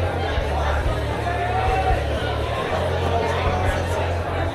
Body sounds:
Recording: background sound without coughing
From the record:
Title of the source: CITY SOUNDS Busy Bar in the Evening Night - 2 HOURS of Ambiance for Relaxation

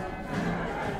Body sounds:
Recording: background sound without coughing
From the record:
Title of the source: 60 minutes of coffee shop sounds for study and concentration

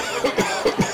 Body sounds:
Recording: coughing mixed with background sound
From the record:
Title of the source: Dry Afternoon Cough

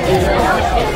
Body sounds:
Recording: background sound without coughing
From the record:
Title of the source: Nightlife Party Simulating Party Club Noise 1 Hour

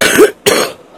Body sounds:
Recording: coughing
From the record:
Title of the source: 31 night wet cough

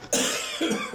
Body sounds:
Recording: coughing mixed with background sound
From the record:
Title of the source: Spring Cold Coughing.

